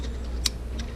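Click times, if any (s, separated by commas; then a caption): 0.5 s. A part on a new FMF 4.1 titanium/carbon fiber motorcycle exhaust pipe is pushed into the muffler until it snaps into its groove, giving one sharp, bright click at 0.5 s over a steady low hum, followed by a fainter tick at about 0.8 s. The part is seated in the groove and will not come out.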